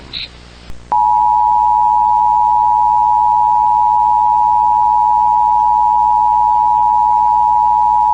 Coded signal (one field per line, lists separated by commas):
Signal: Emergency Alert System (SAME) tones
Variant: 853 and 960 Hz attention tone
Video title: EAS Scenario: The Entity That Doesn't Exist [FULL VERSION]